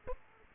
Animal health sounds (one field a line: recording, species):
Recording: mosquito wingbeat signal from an infrared sensor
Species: Aedes aegypti